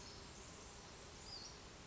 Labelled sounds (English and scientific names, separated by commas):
Western Flycatcher (Empidonax difficilis)